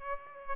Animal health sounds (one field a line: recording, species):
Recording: mosquito wingbeat signal from an infrared sensor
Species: Aedes aegypti